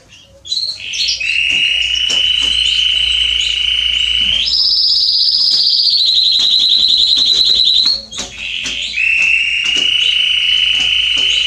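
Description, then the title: Canary song of sustained rolling trills, a lower steady roll rising to a higher one, a brief pause, then a lower roll again. Male singing a lot, used to warm up and train young canaries. "Canary Training Esquente Seu Filhote E Canario Belga Macho Cantando Muito. CANTO DO CANRIO"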